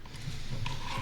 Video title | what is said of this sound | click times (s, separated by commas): XPG Levante II 360 | no force needed. Plug it in and that's it. Make sure you hear the click. | 0.7 s